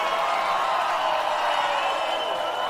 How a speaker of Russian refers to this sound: Зрители аплодируют.